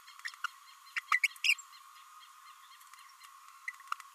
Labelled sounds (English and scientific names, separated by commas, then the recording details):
Green-rumped Parrotlet (Forpus passerinus) babbling
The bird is a female
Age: 26 days
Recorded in a nest box in Venezuela
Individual 17B32A7